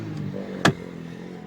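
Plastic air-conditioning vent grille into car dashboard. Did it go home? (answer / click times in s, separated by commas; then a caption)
yes / 0.7 s. A plastic air-conditioning vent grille on a Hyundai Getz is pushed back into its dashboard opening during reassembly, over a steady low hum. A single sharp snap at 0.7 s marks the grille seating in place.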